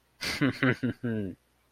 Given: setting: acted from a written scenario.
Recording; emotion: vocal sound without words; pride